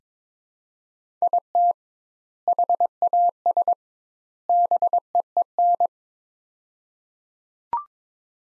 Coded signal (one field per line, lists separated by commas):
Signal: Morse code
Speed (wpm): 22 wpm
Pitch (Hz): 700 Hz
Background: none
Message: IT HAS BEEN